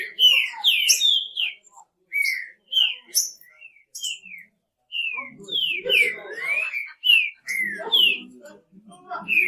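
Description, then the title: Green-winged Saltator giving rich whistled phrases, rising and falling slurs with high sharp notes, some soft lower rustling sounds underneath. "Trinca Ferro"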